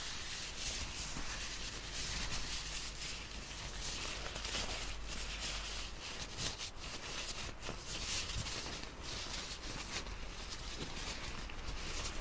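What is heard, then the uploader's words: Ear cleaning sounds layered over rain, with a steady fizzing hiss filling the upper range throughout. Brief crackles and soft scratchy bursts recur irregularly, a little denser around the middle, while a low constant rumble sits underneath the whole time. ASMR Ear Cleaning in The Rain - Fizzing Layered Sounds.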